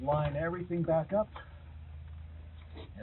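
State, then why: Not seated. Someone talks while lining up a plastic dash trim panel and its clips on the dashboard of a 2000-2006 first-generation Honda Insight during a power window switch replacement. After the talking, only a low steady hum remains. The panel has not been pushed home, and nothing has clicked or seated yet.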